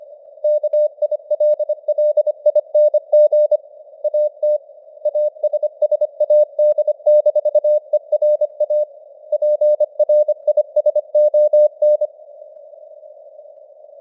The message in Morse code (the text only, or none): KILLING AT ASSAD-ERA PRISON